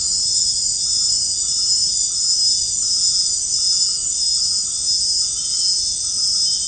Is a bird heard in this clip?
no